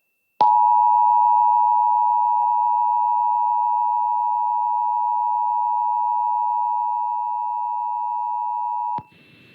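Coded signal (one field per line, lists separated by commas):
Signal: Emergency Alert System (SAME) tones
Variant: 853 and 960 Hz attention tone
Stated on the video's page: Pennsylvania Required Monthly Test captured from an FM radio station and TV stations via an over-the-air DVR; one television capture was choppy.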